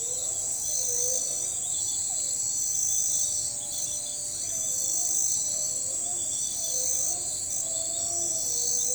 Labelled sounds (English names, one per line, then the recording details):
none
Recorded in forest near Pivijay, Magdalena, Colombia, on 14 April 2023 at 02:00
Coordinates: 10.467, -74.380
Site Z5-G034